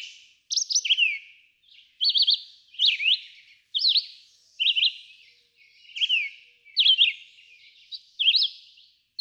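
Red-eyed vireo singing short whistled phrases, each a quick up-and-down slur, separated by gaps under a second.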